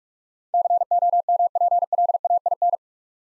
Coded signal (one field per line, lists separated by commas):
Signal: Morse code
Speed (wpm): 44 wpm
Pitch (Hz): 700 Hz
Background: none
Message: COMPLAIN